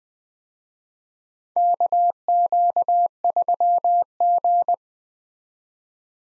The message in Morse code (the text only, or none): KQ3G